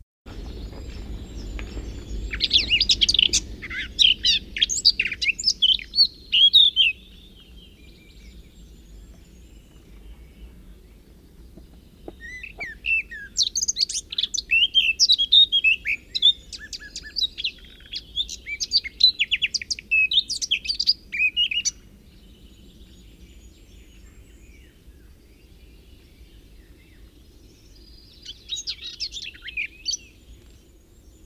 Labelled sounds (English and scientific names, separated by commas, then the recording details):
Eurasian Blackcap (Sylvia atricapilla) song
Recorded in the wild
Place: Ventschow, Mecklenburg-Vorpommern, DE
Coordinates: 53.786, 11.576
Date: 1972-06-14
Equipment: Nagra III BH, Sennheiser MD 21, parabola
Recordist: Schubert, Michael